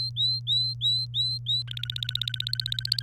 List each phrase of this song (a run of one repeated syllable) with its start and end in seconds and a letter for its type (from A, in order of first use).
0.00-1.62 A, 1.67-3.02 B